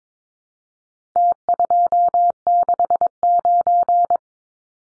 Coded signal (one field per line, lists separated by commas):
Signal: Morse code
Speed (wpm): 22 wpm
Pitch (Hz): 700 Hz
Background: none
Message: T269